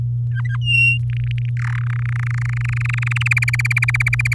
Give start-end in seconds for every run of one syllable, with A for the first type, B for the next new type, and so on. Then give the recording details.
0.30-0.57 A, 0.61-0.98 B, 1.10-1.49 C, 1.57-1.84 D, 1.86-3.28 E, 3.31-4.34 F. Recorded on 6 May 2018 at 05:44. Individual llb16